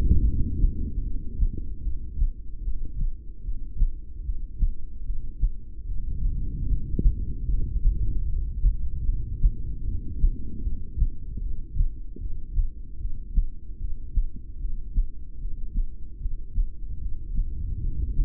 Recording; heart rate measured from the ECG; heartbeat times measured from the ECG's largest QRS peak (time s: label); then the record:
heart sounds by stethoscope; 75 bpm
0.21 s: heartbeat
1.00 s: heartbeat
1.79 s: heartbeat
2.59 s: heartbeat
3.40 s: heartbeat
4.20 s: heartbeat
5.01 s: heartbeat
5.82 s: heartbeat
6.63 s: heartbeat
7.43 s: heartbeat
8.22 s: heartbeat
9.02 s: heartbeat
9.81 s: heartbeat
10.59 s: heartbeat
11.38 s: heartbeat
12.16 s: heartbeat
12.96 s: heartbeat
13.75 s: heartbeat
14.56 s: heartbeat
15.36 s: heartbeat
16.16 s: heartbeat
16.96 s: heartbeat
17.77 s: heartbeat
From the record:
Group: heart failure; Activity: rest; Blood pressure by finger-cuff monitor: 82/61 mmHg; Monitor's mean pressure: 70 mmHg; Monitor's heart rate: 75 bpm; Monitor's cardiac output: 5.5 L/min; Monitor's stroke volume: 73 mL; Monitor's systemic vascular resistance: 870 dyn s/cm5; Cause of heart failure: ischemic heart disease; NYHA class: 2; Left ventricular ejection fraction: 28%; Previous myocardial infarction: present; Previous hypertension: present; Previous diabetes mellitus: present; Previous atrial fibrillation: present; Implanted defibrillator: present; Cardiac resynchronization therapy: present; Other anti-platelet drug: absent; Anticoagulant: apixaban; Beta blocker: bisoprolol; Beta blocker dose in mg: 10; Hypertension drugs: sacubitril-valsartan, spironolactone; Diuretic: furosemide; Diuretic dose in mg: 20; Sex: male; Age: 62 years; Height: 178 cm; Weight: 88.3 kg